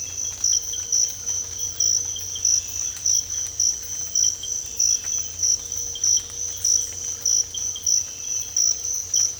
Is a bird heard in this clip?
no